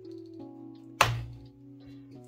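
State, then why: Released. A plastic bottom cover is pried loose from a Legion 5 laptop chassis, working from the corner toward the fan side, over steady background music. A sharp click at 1.0 s is a retaining clip snapping open, confirmed as released.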